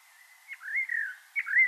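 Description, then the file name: Common blackbird giving two soft, fluty whistled phrases, each opening with a quick click-like note. "Turdus merula"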